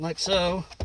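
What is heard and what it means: Someone talks while handling the plastic upper steering column shroud of a Pontiac Torrent, pressing it onto the lower shroud's clips during a repair for a key that turns with nothing happening and sticks in the lock cylinder. A brief soft noise follows near the end. Nothing has seated or clicked yet.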